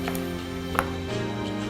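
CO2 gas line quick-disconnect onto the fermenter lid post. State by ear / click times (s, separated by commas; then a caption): seated / 0.8 s. A CO2 gas line quick-disconnect is pushed onto the post of a fermenter lid that has just been put back on, to purge the headspace and prevent cold-side oxidation. Over steady background music, it seats with a sharp click at 0.8 s, followed by the hiss of gas spraying in.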